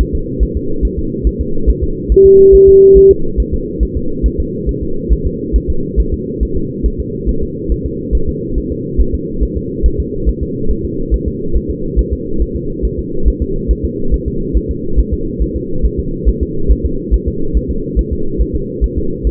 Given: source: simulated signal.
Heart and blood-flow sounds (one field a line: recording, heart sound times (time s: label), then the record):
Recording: fetal heart sounds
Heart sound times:
0.01 s: S1
0.15 s: S2
0.43 s: S1
0.57 s: S2
0.85 s: S1
0.99 s: S2
1.27 s: S1
1.41 s: S2
1.70 s: S1
1.84 s: S2
2.12 s: S1
2.26 s: S2
2.55 s: S1
2.69 s: S2
2.97 s: S1
3.11 s: S2
3.40 s: S1
3.54 s: S2
3.83 s: S1
3.97 s: S2
4.26 s: S1
4.40 s: S2
4.69 s: S1
4.83 s: S2
5.12 s: S1
5.27 s: S2
5.56 s: S1
5.70 s: S2
6.00 s: S1
6.14 s: S2
6.43 s: S1
6.57 s: S2
6.86 s: S1
7.00 s: S2
7.29 s: S1
7.43 s: S2
7.72 s: S1
7.86 s: S2
8.15 s: S1
8.29 s: S2
8.58 s: S1
8.72 s: S2
9.01 s: S1
9.15 s: S2
9.43 s: S1
9.57 s: S2
9.86 s: S1
10.00 s: S2
10.29 s: S1
10.43 s: S2
10.71 s: S1
10.85 s: S2
11.14 s: S1
11.28 s: S2
11.56 s: S1
11.70 s: S2
11.99 s: S1
12.13 s: S2
12.42 s: S1
12.56 s: S2
12.85 s: S1
12.99 s: S2
13.28 s: S1
13.42 s: S2
13.71 s: S1
13.85 s: S2
14.14 s: S1
14.28 s: S2
14.57 s: S1
14.71 s: S2
14.99 s: S1
15.13 s: S2
15.42 s: S1
15.56 s: S2
15.85 s: S1
15.99 s: S2
16.28 s: S1
16.42 s: S2
16.71 s: S1
16.85 s: S2
17.14 s: S1
17.28 s: S2
17.57 s: S1
17.71 s: S2
17.99 s: S1
18.13 s: S2
18.41 s: S1
18.55 s: S2
18.84 s: S1
18.98 s: S2
19.27 s: S1
From the record:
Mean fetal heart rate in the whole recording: 140 bpm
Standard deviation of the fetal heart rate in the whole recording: 2 bpm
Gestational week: 34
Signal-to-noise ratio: -8.1 dB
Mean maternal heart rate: 72 bpm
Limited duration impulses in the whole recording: present